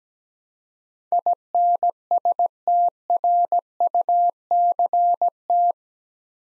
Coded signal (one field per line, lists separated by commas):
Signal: Morse code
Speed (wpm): 17 wpm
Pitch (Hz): 700 Hz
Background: none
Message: INSTRUCT